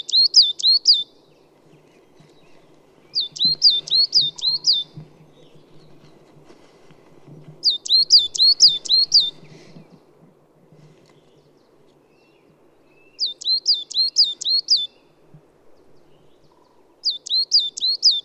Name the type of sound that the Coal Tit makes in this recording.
song